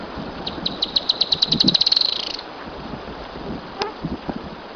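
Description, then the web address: Firewood-gatherer singing an accelerating string of piercing high chips that merges into a quick trill, over faint low background rustling and one sharp click. "cantos lenatero"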